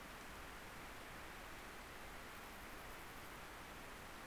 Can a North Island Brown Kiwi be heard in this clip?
no